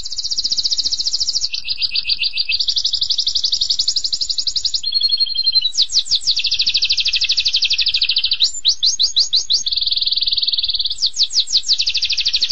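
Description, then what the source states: Canary delivering a varied, unbroken song: sustained rolled trills shifting pitch every second or so, a low buzzy section, and bright sweeping repeated notes. Canary singing constantly and vigorously (gacor).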